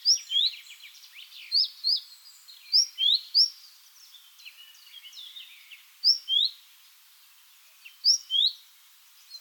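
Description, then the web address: Great tit calls, repeated pairs of crisp whistled notes stepping down in pitch, several phrases throughout. "SETE data Parus major"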